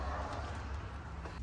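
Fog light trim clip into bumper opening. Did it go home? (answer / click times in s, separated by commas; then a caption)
no / none. The plastic retaining clip of a fog light trim bezel is lined up under the bumper lip of a Honda Accord and pushed toward its bumper opening during a sequential fog light upgrade. Only a steady low rumble and soft handling noise are heard, with no sharp hit. Nothing has seated or clicked yet.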